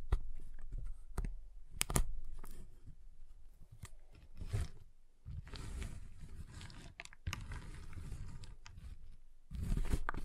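Tapping, cutting and snapping on a giant chocolate bar: sharp clicks and cracks near 1.8, 4.5 and 7.3 seconds over steady scraping crunches.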